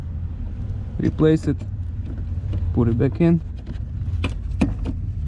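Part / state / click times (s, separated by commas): high beam headlight bulb into headlight housing socket / seated / 4.2 s, 4.6 s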